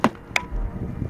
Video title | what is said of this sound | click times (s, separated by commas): Test Complet - Isinwheel GT2 - ça pousse 45 km/h #trottinetteelectrique | voilà, c'est clipsé | 0.0 s, 0.4 s